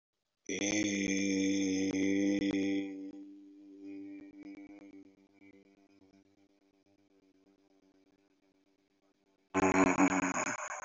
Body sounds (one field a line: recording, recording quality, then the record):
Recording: sustained vowel as in made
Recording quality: excellent, no background noise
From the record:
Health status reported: respiratory illness, not identified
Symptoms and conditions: hypertension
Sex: male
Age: 52 years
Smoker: yes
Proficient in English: yes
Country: India